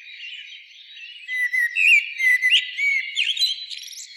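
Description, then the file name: Common blackbird song with a run of clear fluted notes rising and falling, mixed with high thin twittering, building in loudness after a soft start. "Turdus merula"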